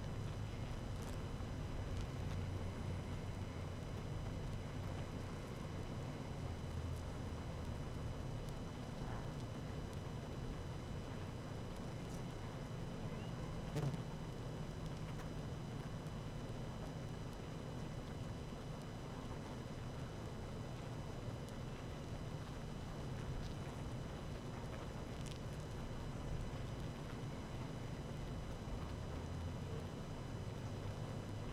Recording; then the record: honeybee colony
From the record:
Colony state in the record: active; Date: 12 June 2018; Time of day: 18:12